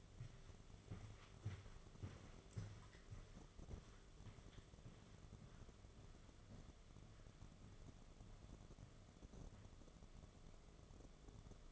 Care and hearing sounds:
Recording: daily activity, microphone in the room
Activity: walk to room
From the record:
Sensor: 4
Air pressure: 1011.2 hPa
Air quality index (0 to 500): 135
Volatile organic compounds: 3 ppm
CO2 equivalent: 1384 ppm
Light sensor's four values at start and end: 147/385/164/170 and 171/445/190/198

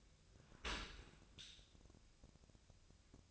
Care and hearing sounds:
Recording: daily activity, microphone in the room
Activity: open dishwasher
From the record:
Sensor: 2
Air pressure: 1006.5 hPa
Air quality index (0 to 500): 202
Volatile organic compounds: 14 ppm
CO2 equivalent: 2476 ppm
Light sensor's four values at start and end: 9/22/9/9 and 9/22/9/9

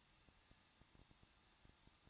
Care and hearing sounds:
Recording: daily activity, microphone in the room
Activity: no activity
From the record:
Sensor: 3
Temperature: 21.2 degrees Celsius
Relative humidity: 36.2%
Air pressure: 1006.4 hPa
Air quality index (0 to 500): 221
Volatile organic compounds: 40 ppm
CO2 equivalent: 3146 ppm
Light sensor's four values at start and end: 2/3/2/2 and 2/3/2/2

